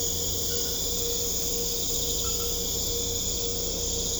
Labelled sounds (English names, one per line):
none